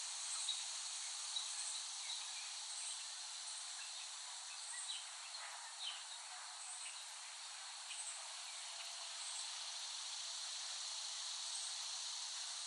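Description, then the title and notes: Cicada chorus as a dense continuous high buzz, with small pulsing accents recurring throughout. Cicadas recorded by Dan Bodah in West Brighton, Staten Island, late summer 2008. "Recording of cicadas made by Dan Bodah in West Brighton, Staten Island, late summer 2008."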